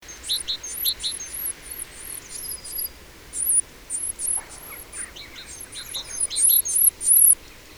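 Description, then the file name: Eurasian blue tit calling in quick bursts of high, thin, chattering notes, pausing briefly between runs, with a few fainter lower chips mixed in and a soft background hiss. "Cyanistes caeruleus"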